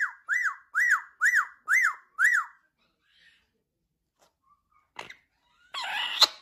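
Amazon parrot calls: six arched, whistled notes that rise and fall, given in quick succession, then faint clicks and a harsh, noisy screech near the end.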